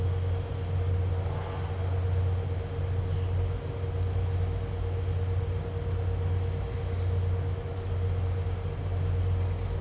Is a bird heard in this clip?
no